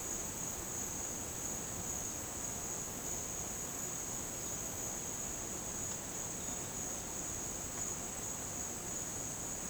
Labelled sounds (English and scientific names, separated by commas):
none